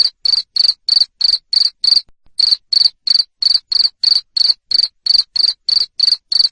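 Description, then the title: Cricket giving loud, regular high-pitched chirps roughly three each second, broken by a short gap around two seconds in. Loud cricket chirping played to stimulate lovebirds to keep singing (ngekek). "Suara JANGKRIK NGERIK Keras Bikin LOVEBIRD Jadi NGEKEK Terus Vubey"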